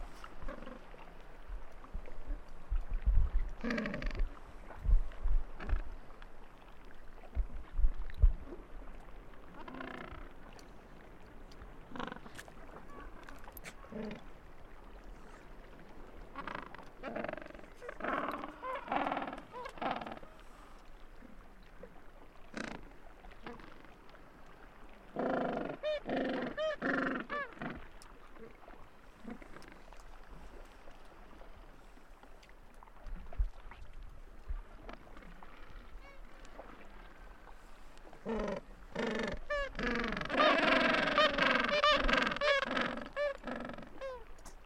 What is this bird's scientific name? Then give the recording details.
Pygoscelis papua. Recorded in the wild. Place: Port Lockroy (Damoy Point), Antarctica, AQ. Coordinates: -64.49, -63.29. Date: 2018-12-27. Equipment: Olympus LS-100, Sennheiser ME66. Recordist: Beaulieu, Michaël. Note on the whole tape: In Kolonie von Eselspinguinen. Brütende Vögel und kleine Küken